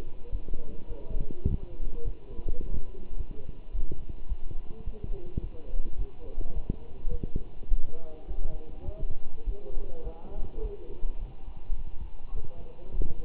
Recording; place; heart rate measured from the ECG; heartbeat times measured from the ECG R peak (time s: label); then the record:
heart sounds by stethoscope; between the tricuspid and mitral areas; 105 bpm
0.32 s: heartbeat
0.89 s: heartbeat
1.47 s: heartbeat
2.05 s: heartbeat
2.62 s: heartbeat
3.18 s: heartbeat
3.74 s: heartbeat
4.29 s: heartbeat
4.85 s: heartbeat
5.42 s: heartbeat
5.98 s: heartbeat
6.55 s: heartbeat
7.12 s: heartbeat
7.70 s: heartbeat
8.28 s: heartbeat
8.86 s: heartbeat
9.46 s: heartbeat
10.04 s: heartbeat
10.62 s: heartbeat
11.21 s: heartbeat
11.78 s: heartbeat
12.36 s: heartbeat
12.93 s: heartbeat
From the record:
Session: walking at 3.7 km/h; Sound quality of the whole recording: good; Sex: male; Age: 24 years